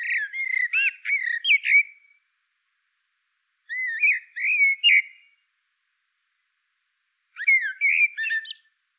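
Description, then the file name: Common blackbird song: three mellow fluted phrases, each ending in a squeaky high twitter, separated by silent pauses. "Turdus merula"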